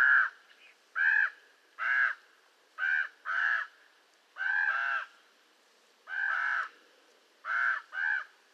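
Raven calls: harsh, harmonic caws given in an uneven series, some doubled, with short pauses between them.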